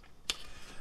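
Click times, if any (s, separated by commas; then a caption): 0.3 s. A plastic stock is pushed onto a toy gel blaster body (Honey Badger H-015 by Zhenduotoys) while the release buttons are held down. A sharp click at 0.3 s marks the stock locking in place. The stock is seated.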